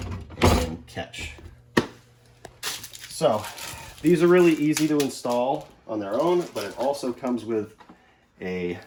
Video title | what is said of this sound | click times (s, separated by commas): House Childproofing - Safety 1st Childproofing Kit | it'll slide and pop into place | 1.8 s